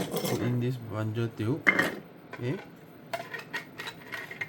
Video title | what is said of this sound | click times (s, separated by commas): Spyr Yeethammer noob assembly guide | Uh yeah. See it locks in place and I can't do anything. | 3.1 s